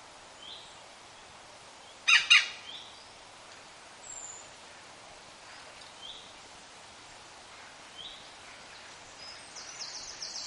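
European green woodpecker: two loud rasping notes close together, with faint thin whistles and chirps from other birds before and after.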